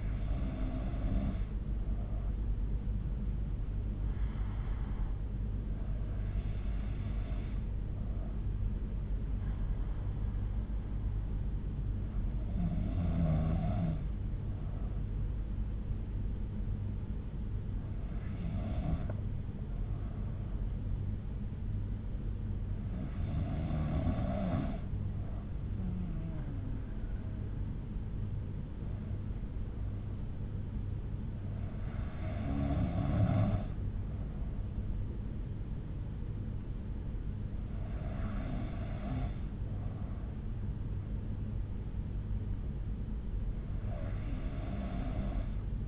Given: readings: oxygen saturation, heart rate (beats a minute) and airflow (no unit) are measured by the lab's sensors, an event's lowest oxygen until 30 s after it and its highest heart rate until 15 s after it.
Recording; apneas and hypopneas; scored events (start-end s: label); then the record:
breathing in sleep by a smartphone at the bedside; none
none scored
From the record:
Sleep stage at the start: N3 (deep sleep); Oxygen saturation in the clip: 92 to 93%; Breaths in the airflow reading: 9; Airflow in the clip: -5.8 to 3.7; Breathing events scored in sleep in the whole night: 368 in 8.0 hours asleep